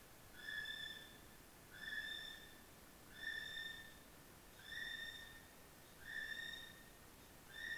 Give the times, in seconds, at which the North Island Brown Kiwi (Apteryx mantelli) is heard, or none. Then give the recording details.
0.00-7.78. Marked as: faintness 1/5. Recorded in New Zealand on 14 February 2013. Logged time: 02:13. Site DH65